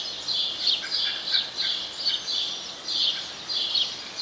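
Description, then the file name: House sparrow chirps, short and bright, given in a quick run over background hiss. "Passer domesticus"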